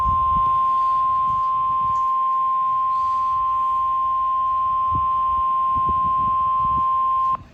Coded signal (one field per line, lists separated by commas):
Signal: Emergency Alert System (SAME) tones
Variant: 1050 Hz attention tone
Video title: (EAS #416) Severe Thunderstorm Warning for Dane, Wisconsin